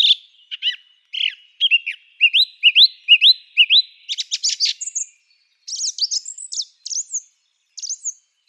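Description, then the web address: Song thrush singing a run of upward-flicked whistles repeated several times. Clipped chattering notes and high chirps follow in a lively, uneven rhythm. "Schulze Peter Song Thrush song"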